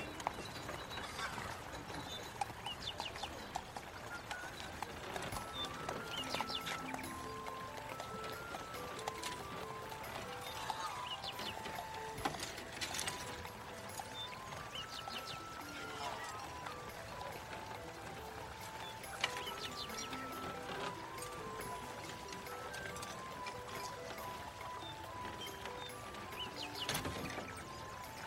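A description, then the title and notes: A medieval-life ambience: a steady, busy bed of overlapping murmuring voices with scattered clip-clop of hooves. Short pitched notes come and go throughout, and sharp knocks stand out near 2, 12, 19 and 27 seconds. Medieval life ASMR Ambience.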